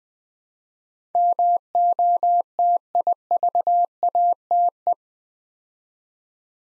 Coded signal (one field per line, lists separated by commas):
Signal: Morse code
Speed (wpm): 20 wpm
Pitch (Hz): 700 Hz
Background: none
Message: MOTIVATE